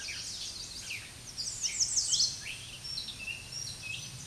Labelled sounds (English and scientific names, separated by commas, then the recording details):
American Redstart (Setophaga ruticilla) song
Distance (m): 15 m
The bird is about 5 m above the microphone
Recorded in a Pennsylvania forest on 16 May 2024 at 06:52
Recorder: AudioMoth, point MSD-2367
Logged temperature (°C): 16.0 °C
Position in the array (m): 124 m, 212 m